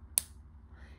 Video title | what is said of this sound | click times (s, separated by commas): U by Kotex Click Multipack Tampons Honest Review | this part out so you hear it click like this | 0.2 s